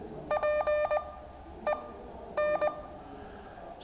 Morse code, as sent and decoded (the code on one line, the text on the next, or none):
.--. . -.
PEN